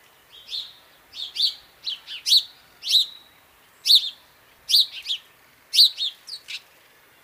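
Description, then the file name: House sparrow chirping, a steady run of many sharp, bright chirps, some doubled. "Passer domesticus"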